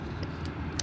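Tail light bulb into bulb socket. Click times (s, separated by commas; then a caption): 0.8 s. A 7443 dual-filament brake/running glass wedge bulb is pressed back into its plastic tail light socket base on a USDM GE8 Honda Fit. After a steady low rumble and a faint tick near 0.2 s, a sharp click at 0.8 s marks the bulb seating in the socket.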